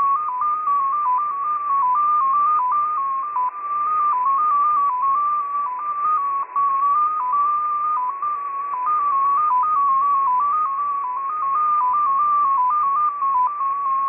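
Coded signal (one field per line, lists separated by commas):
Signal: multi-tone FSK (Olivia or MFSK type)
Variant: XPA2 14-tone MFSK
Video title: XPA2 on 10921 kHz USB January 31, 2021 12:00 UTC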